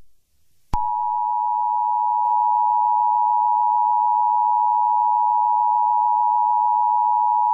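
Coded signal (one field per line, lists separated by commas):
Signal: Emergency Alert System (SAME) tones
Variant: 853 and 960 Hz attention tone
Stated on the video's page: Fictional EAS scenario.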